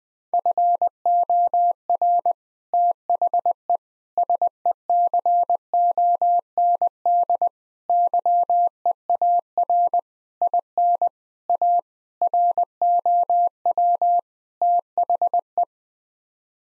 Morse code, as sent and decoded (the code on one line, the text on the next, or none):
..-. --- .-. / - .... . / ... . -.-. --- -. -.. / -.-- . .- .-. / .. -. / .- / .-. --- .-- / - .... .
FOR THE SECOND YEAR IN A ROW THE